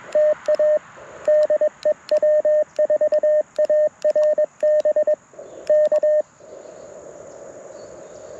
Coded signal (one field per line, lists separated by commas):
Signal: Morse code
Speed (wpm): 21 wpm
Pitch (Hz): 610 Hz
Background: radio noise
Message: TA DE W4ARB K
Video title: QRP CW with ATU-10 and PackTenna Random Wire - POTA 8/24/23 @ K-4451